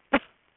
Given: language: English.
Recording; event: throat vibration sensor signal played as sound; cough